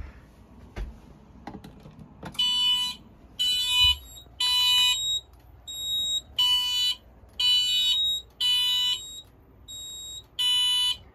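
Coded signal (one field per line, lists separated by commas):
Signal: alarm pattern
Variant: Wheelock MT horn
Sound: harsh buzzing horn, three half-second blasts, pause, repeating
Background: indoor room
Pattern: temporal three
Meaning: Fire alarm evacuation signal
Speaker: you can hear how the tone on the alarm changes because we're not in fwr anymore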